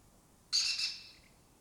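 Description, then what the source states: Lesser kestrel call, a single harsh, hoarse rasp that stutters briefly and trails off within a second. Breeding colony occupying an abandoned building complex in Doñana, southern Europe; migratory birds that forage in West Africa and breed in southern Europe.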